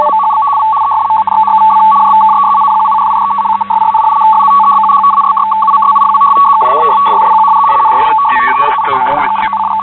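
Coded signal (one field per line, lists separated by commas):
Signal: unidentified radio signal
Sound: rapid warbling between two close tones near 1 kHz, with a brief voice bleeding in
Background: radio static, overlapping voice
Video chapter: 00:00 - Unknown FSK (4311 kHz)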